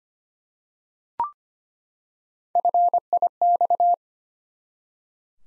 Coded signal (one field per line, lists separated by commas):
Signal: Morse code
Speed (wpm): 25 wpm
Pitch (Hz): 700 Hz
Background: none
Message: FIX